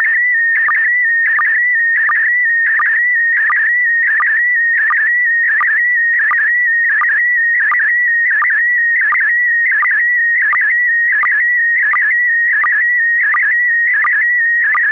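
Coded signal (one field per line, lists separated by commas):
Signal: SSTV (slow-scan television)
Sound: continuous warbling tone with a short low chirp roughly every 0.7 seconds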